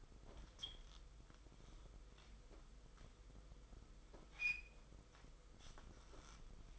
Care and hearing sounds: daily activity, microphone in the room; wipe stove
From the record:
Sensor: 5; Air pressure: 990.6 hPa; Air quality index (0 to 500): 152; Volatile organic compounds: 179 ppm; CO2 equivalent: 4138 ppm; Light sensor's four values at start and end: 43/118/48/52 and 44/118/49/53

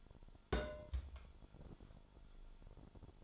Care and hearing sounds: daily activity, microphone in the room; place on stove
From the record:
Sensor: 5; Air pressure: 1008.2 hPa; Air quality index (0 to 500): 120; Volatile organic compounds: 1 ppm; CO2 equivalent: 930 ppm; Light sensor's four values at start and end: 29/63/26/26 and 29/64/27/27

